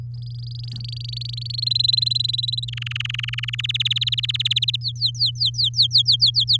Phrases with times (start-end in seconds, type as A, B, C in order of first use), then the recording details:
0.14-1.64 A, 1.66-2.65 B, 2.68-3.61 C, 3.63-4.76 D, 4.81-6.57 E. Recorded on 7 May 2018 at 16:05. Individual llb16